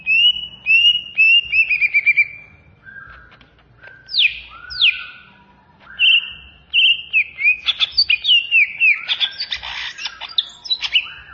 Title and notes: Suara Kicauan Burung Cucak Ijo Durasi Panjang